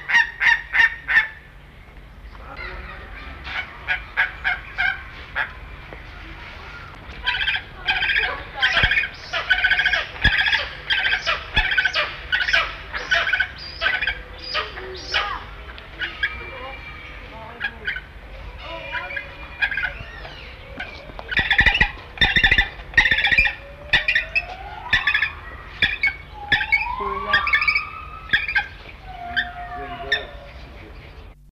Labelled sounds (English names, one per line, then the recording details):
Lanner Falcon call
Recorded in captivity
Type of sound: call
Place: Zoo London, England, GB
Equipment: Halbspur, 9,5 cm/s
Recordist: Lütgens, Hans
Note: Rufe eines Paares